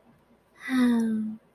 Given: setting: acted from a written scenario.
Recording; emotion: vocal sound without words; romantic love